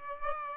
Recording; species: mosquito wingbeat signal from an infrared sensor; Aedes aegypti